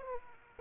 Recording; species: mosquito wingbeat signal from an infrared sensor; Aedes aegypti